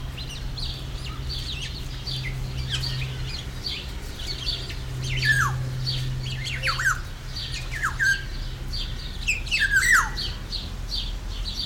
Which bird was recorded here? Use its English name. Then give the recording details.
Black-naped Oriole. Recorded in captivity. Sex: male. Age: adult. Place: Zoo Berlin, Berlin, DE. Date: 1993-06-05 10:55. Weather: 20-25 °C, sonnig. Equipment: Marantz CP 430, Sennheiser ME 80, Kopie Uher Variocord 263. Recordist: Tembrock, Günter